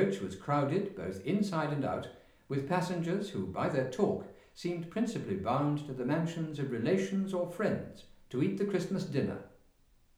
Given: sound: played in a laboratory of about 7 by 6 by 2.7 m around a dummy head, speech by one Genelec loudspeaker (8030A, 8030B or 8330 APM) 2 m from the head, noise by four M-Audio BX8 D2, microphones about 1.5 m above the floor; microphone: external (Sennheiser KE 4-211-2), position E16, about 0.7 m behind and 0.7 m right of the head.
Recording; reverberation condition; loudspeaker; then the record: male speech in English; medium; 90 degrees to the right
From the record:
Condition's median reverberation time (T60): about 510 ms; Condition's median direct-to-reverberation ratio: about -0.5 dB